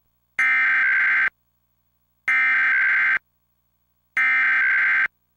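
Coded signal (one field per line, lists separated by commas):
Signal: Emergency Alert System (SAME) tones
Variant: header bursts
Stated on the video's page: Colorado Required Monthly Test captured from a radio station and relayed through a cable box.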